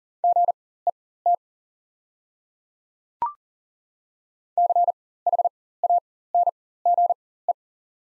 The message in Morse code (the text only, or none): GET CHANGE